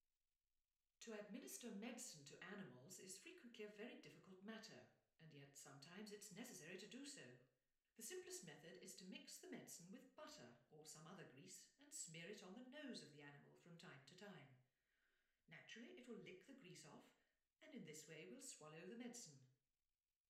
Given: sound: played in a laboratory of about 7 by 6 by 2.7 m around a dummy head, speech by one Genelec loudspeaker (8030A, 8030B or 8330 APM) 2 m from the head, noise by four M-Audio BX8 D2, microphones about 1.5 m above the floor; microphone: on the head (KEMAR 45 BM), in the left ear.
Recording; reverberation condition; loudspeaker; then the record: female speech in English; medium; in front (0 degrees)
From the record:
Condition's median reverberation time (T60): about 510 ms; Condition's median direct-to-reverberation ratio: about -0.5 dB